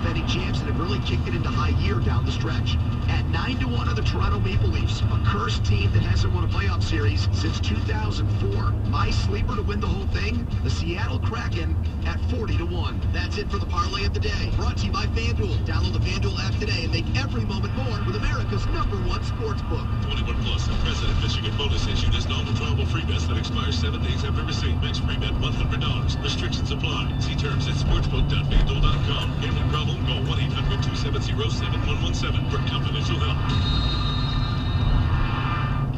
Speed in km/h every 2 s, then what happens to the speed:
42, 39, 34, 34, 35, 32, 34, 37, 37, 39, 40, 42, 45, 48, 47, 45, 45, 45.
0-4 slows to 34. 4-11 steady at about 34. 11-26 speeds up to 48. 26-36 steady at about 45.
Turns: none.